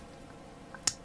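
A plastic clamp-type part of a Gundam model kit is slid in through the back of the arm assembly until it seats. After a faint tick at 0.7 s, a sharp, bright click at 0.9 s confirms the part has snapped in place.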